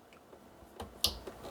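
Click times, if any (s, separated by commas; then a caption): 1.0 s. A tabbed plastic cable connector, the last cable, is pushed into its socket on a Mingda Magician Max 3D printer. Faint handling noises lead up to a sharp, loud snap at 1.0 s as it clicks into place. The connector is seated.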